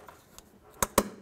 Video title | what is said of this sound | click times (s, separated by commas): How to Replace Radiator 2004-2015 Nissan Titan | listen for a click make sure it's secure | 0.8 s, 1.0 s